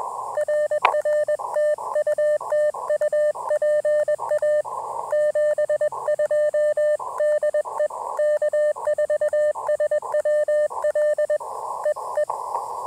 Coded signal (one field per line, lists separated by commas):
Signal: Morse code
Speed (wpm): 21 wpm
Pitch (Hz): 1800 Hz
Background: none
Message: RR TU TU PA 72 DE K4SWL EE